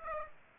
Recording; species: mosquito wingbeat signal from an infrared sensor; Aedes aegypti